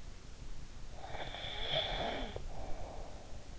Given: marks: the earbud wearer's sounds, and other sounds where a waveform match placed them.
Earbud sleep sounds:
sounds in sleep by an in-ear microphone; snoring breath
0.91-3.51 s: snoring breath

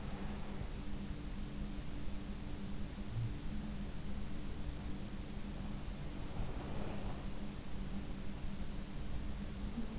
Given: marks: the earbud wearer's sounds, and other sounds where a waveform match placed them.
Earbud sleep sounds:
sounds in sleep by an in-ear microphone; breath
0.00-0.88 s: breath
6.22-7.28 s: breath

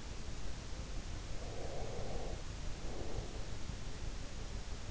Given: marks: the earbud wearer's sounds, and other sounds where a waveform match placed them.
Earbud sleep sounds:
sounds in sleep by an in-ear microphone; breath
1.43-3.77 s: breath

